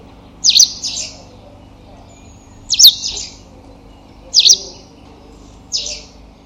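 Bird calls: four separate high, sharp chips with brief buzzy trailing notes, about every two seconds, against faint low background noise.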